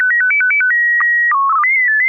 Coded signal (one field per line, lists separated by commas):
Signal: SSTV (slow-scan television)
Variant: PD 120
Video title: N6NA SSTV Net - 10/15/2025